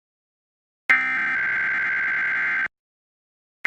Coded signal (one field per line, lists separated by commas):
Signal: Emergency Alert System (SAME) tones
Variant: header bursts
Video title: KGO-TV Required Weekly Test (EAS #1178) 9/6/23